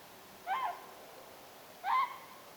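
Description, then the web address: Whooper swan giving two short, nasal, harmonic-rich trumpeting notes over faint hiss. Young bird calling in flight, recorded 29 October 2025. "29 10 2025 nuoren laulujoutsenen aantelya lennossa"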